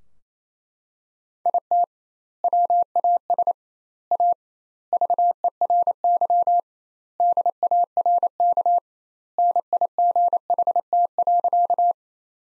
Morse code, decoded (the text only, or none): IT WAS A VERY DARK NIGHT.